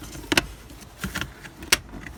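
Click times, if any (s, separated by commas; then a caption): 1.7 s. The plastic cover of the cabin pollen filter housing, behind the glove box of a Toyota Corolla Verso, is pressed back onto the HVAC filter housing. Two sharp plastic knocks come at about 0.3 and 0.4 s, followed by softer handling sounds. A crisp latch click at 1.7 s shows the cover is seated and latched in place.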